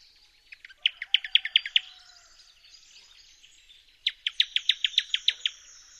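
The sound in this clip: Newtonia song: rapid runs of high, clipped notes in two bursts, over a faint high hiss.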